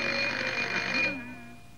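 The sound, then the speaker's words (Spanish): A doorbell rings with a bright, sustained metallic tone for about a second, then fades to a lingering hum as a voice begins. “No le daría gusto escuchar el timbre de su puerta”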